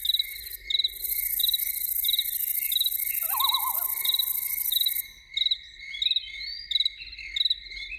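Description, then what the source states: Loon tremolo, a brief quavering laugh-like burst midway, amid pulsing cricket chirps and a stretch of steady hiss. Evening soundscape with loons.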